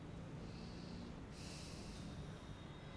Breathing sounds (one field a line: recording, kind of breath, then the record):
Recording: one breath in and out by a microphone near the nose and mouth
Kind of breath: normal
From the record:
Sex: male